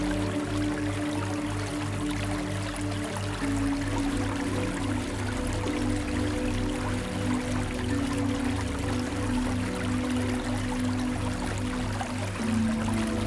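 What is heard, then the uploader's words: Running water flows in a steady, dense hiss that stays even for the whole clip. Beneath it sits a low mechanical hum, like a pump, with a soft, regular pulsing and a deeper tone that shifts slightly partway through. Calming Running Water and Sounds of the Spa.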